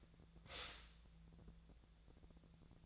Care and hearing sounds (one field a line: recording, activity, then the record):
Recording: daily activity, microphone in the room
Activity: stop toaster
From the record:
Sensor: 3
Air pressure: 1000.2 hPa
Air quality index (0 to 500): 153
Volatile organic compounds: 3 ppm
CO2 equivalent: 1348 ppm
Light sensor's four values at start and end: 38/96/40/44 and 38/96/40/44